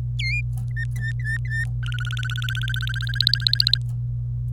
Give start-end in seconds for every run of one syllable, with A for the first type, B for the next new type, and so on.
0.19-0.41 A, 0.70-1.64 B, 1.83-3.78 C